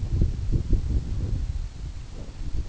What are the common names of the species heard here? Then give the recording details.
none. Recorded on Arctic tundra, site EABA-1, on 27 June 2018. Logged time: 12:00